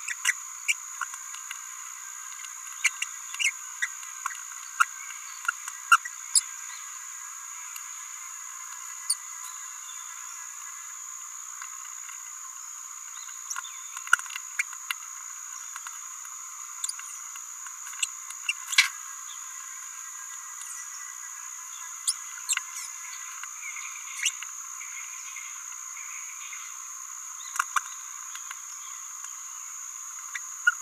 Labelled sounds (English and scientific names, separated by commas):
Green-rumped Parrotlet (Forpus passerinus) babbling